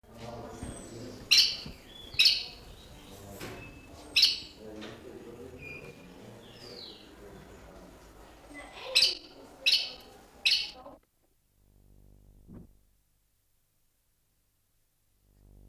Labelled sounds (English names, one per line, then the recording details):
Black-necked Aracari call
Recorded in captivity
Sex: female
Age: adult
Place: Zoo Berlin, Berlin, DE
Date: 1998-03-21 11:46
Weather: heiter, ca. 0°C
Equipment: Nagra SN, Kopie Uher 4000 Report Monitor
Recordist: Tembrock, Günter